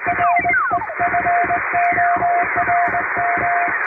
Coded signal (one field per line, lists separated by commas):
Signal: Morse code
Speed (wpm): 21 wpm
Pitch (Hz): 700 Hz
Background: music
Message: REFORM